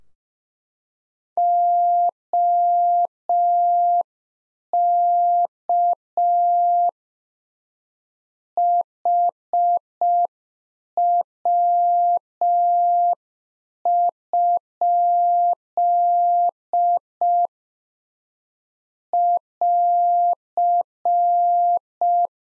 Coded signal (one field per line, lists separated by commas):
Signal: Morse code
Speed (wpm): 5 wpm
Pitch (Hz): 700 Hz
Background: none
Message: OK HW? <AR>